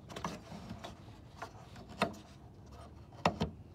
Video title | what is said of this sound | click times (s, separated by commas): ***Replace a 2018 Toyota Rav4 Headlight Bulb for Beginners*** | lock it you got to hear a little click you got a few lit click to to make sure it's 100% secure so | 3.3 s